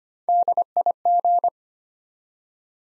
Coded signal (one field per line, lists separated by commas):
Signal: Morse code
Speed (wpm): 25 wpm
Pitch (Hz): 700 Hz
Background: none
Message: DIG